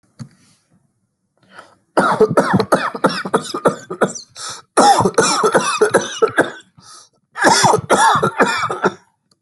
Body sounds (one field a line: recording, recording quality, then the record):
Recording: heavy voluntary cough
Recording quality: excellent, no background noise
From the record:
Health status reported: healthy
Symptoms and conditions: none ticked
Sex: male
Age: 35 years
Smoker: not ticked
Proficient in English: yes